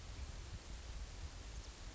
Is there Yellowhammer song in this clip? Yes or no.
no